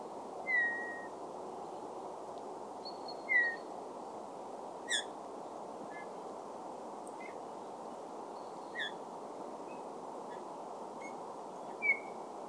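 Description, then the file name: Eurasian bullfinch giving soft, piping whistled calls, short and slightly descending, spaced a few seconds apart over steady low background noise. "Pyrrhula pyrrhula"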